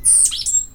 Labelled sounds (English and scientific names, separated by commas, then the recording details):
Stitchbird (Notiomystis cincta) song
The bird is a male
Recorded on Tiritiri Matangi Island, New Zealand, in 2005
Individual 17, of nest box 25